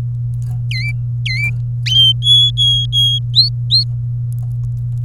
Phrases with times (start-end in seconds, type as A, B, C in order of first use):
0.70-0.92 A, 1.25-1.50 A, 1.86-3.19 B, 3.34-3.84 C